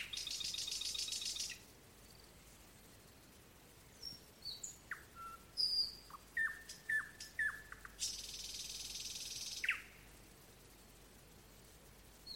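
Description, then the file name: Nightingale song with harsh buzzy bursts at the start and end, between them scattered whistles and a short run of repeated falling notes. "solovej - solovei"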